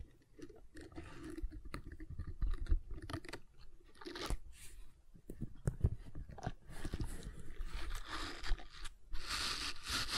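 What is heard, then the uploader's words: Gentle silicone sounds: soft irregular crunching, squishing and scraping with quick clicks throughout, turning to a brighter, hissier rub near the end. ASMR Gentle Silicon Sounds for Sleep (No Talking).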